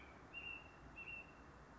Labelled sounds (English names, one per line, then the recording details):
American Robin
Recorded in Sonoma County, California